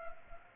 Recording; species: mosquito wingbeat signal from an infrared sensor; Culex pipiens